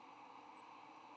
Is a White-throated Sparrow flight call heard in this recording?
no